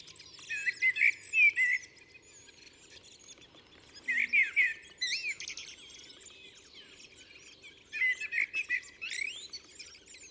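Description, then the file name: Common blackbird song, three rich fluting phrases each closing with a high scratchy flourish, spaced roughly every four seconds, with faint chirps of other birds. "Turdus merula"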